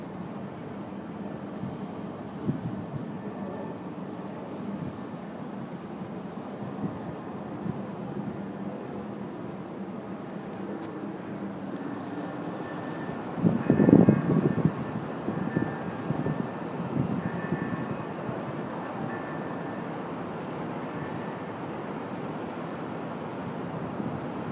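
Atop a fifty-story building, a steady low roar of city traffic fills the air, dense. Around fourteen seconds a louder rumble swells briefly, like a passing vehicle or aircraft, before the even wash returns.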